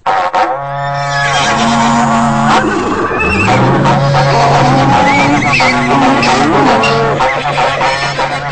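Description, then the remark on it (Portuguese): A herd of pack animals gathering, with horses neighing and whinnying in loud, overlapping calls that rise and fall in pitch, filling the whole stretch without any talking. “reúne a tropa aí”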